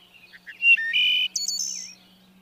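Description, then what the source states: Wood Thrush phrase: faint soft notes, then a sliding flute-like whistle and a bright, buzzy trill at the end, with a low steady hum beneath. Sings two notes at once using both sides of its voice box, combining them in the song's final trill; a familiar sound in woods.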